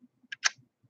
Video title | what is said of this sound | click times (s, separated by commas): Yugo Zastava AK47 Variants Live Stream 13 | a little click, right? Now it can travel freely. | 0.3 s